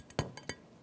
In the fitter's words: You'll hear it seat.